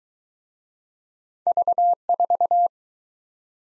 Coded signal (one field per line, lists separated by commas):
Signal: Morse code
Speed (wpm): 22 wpm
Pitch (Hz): 700 Hz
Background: none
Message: V4